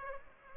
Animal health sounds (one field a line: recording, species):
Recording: mosquito wingbeat signal from an infrared sensor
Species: Aedes aegypti